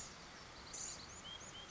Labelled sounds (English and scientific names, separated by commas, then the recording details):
Blue-gray Gnatcatcher (Polioptila caerulea)
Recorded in Sonoma County, California